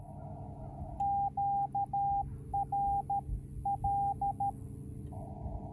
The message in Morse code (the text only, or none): QRL